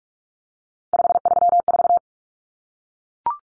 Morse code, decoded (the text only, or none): 534